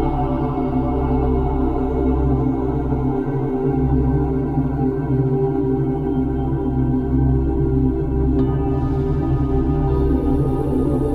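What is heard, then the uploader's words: A steady layered drone of sustained low and middle tones holds without break, with a faint shimmer that rings like a singing bowl. The level stays even throughout; a soft higher hiss creeps in near the end, around the ninth second. 528hz + Binaural beats for Endorphin release.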